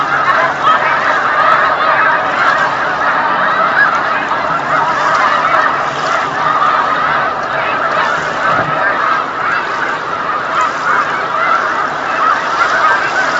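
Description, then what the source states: Snow goose chorus: constant overlapping honks and barking yelps from a big flock, a steady clamor. Flock of snow geese on Lake Champlain, November 2018.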